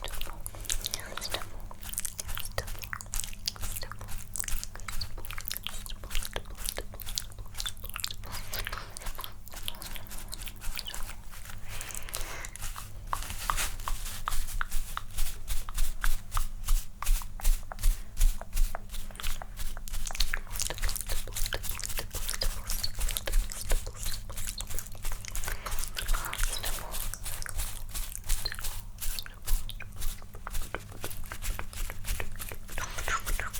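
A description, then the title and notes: Mouth sounds and tongue clicking, layered into a dense, continuous stipple of wet clicks and smacks across the whole stretch. The texture stays busy and crackly, slightly louder and sharper from about 15 to 30 seconds, over a faint low steady hum. Layered Sounds Stipple (Mouth Sounds, Tongue Clicking).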